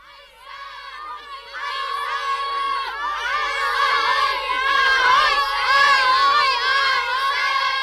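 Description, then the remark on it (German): A crowd of schoolboys shouting and whooping during a snowball fight at a building site, many high-pitched voices overlapping, starting a little quieter and swelling into a loud, continuous clamor of yells. “sausten Martin, Johnny und Mats zurück zum Bauplatz, wo die Schneeballschlacht im vollen Gange war”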